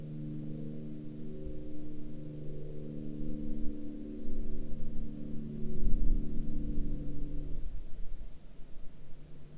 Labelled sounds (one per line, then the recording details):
aircraft
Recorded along the Dempster Highway, Canada, on 30 March 2019 at 23:57
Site 14